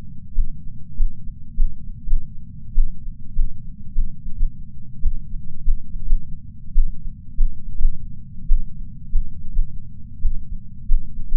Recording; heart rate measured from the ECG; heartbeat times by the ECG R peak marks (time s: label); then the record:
heart sounds by patch sensor on the chest; 105 bpm
0.34 s: heartbeat
0.95 s: heartbeat
1.55 s: heartbeat
2.05 s: heartbeat
2.74 s: heartbeat
3.34 s: heartbeat
3.94 s: heartbeat
4.33 s: heartbeat
5.02 s: heartbeat
5.63 s: heartbeat
6.03 s: heartbeat
6.74 s: heartbeat
7.36 s: heartbeat
7.76 s: heartbeat
8.48 s: heartbeat
9.11 s: heartbeat
9.50 s: heartbeat
10.21 s: heartbeat
10.87 s: heartbeat
11.25 s: heartbeat
From the record:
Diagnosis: coronary artery disease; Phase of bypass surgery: intraoperative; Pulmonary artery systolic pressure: 28 mmHg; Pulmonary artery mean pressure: 20 mmHg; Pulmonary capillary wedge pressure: 13 mmHg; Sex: male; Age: 57 years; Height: 172 cm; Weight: 86 kg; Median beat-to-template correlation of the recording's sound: 0.92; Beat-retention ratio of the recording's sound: 0.99